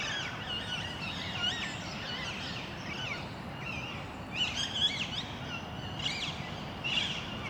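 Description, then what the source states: Parakeets calling in harsh, wavering screeches, with louder bursts in the second half, over a steady background rumble. Recorded in Parc Duden, Forest, Brussels, Belgium, just before nightfall; Zoom MicTrak M4 internal XY microphones.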